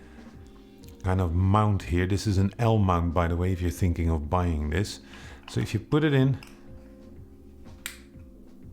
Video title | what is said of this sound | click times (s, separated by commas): BOUGHT MY FIRST LEICA CAMERA FOR $400 - LEICA TL | you're gonna click it clicks in so that was already amazing | 7.9 s